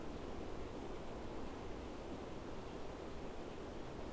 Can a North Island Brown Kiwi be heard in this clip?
no